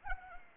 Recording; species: mosquito wingbeat signal from an infrared sensor; Anopheles arabiensis